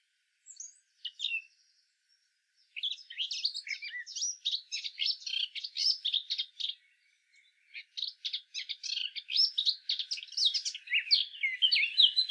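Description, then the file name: Eurasian blackcap delivering two long bursts of dense, scratchy warbling mixed with brighter whistled notes, after a few short introductory chirps. "Sylvia atricapilla"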